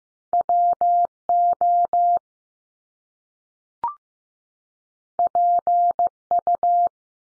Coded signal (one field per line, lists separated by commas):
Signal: Morse code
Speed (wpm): 15 wpm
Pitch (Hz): 700 Hz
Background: none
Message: W O P U